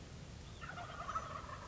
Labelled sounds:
Wild Turkey (Meleagris gallopavo)
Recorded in Sonoma County, California

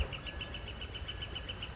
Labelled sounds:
Northern Flicker (Colaptes auratus)
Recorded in Sonoma County, California

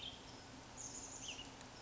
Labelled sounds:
Western Tanager (Piranga ludoviciana)
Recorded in Sonoma County, California

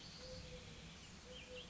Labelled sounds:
Mourning Dove (Zenaida macroura)
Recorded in Sonoma County, California

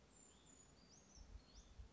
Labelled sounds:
Brown Creeper (Certhia americana)
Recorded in Sonoma County, California

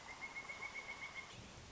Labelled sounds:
Pileated Woodpecker (Dryocopus pileatus)
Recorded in Sonoma County, California

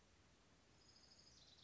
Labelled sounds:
Orange-crowned Warbler (Leiothlypis celata)
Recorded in Sonoma County, California

